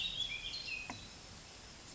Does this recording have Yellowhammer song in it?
no